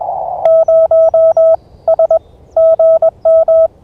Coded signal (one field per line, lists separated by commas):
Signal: Morse code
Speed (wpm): 21 wpm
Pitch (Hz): 650 Hz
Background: none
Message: 0 S GM